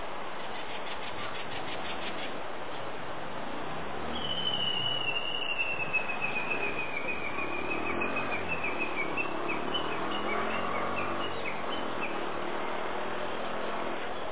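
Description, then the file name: Japanese bush warbler giving a long rapid series of sharp repeated notes that slowly drop in pitch over about seven seconds, over steady background hiss. Tani-watari (valley-crossing) call, recorded in April 2018. "2018 04 UGUISU TANIWATARI"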